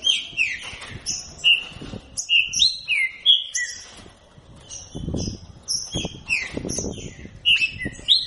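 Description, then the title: Green-winged saltator song of ringing, downslurred whistles in rapid series, with a short lull near the middle and some low thumps and rustles underneath. Captive-bred bird from a breeding aviary; song style labelled voice 07. "Canto De Trinca Ferro Voz 07"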